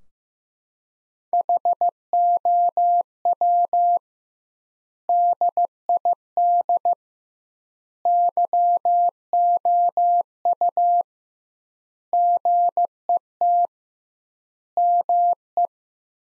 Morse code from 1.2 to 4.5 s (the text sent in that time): HOW